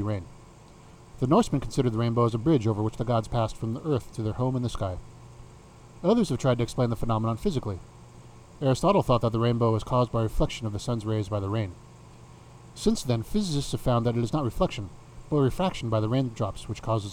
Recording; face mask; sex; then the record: reading aloud; none; male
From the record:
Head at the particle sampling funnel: facing it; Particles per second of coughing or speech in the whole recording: 1.56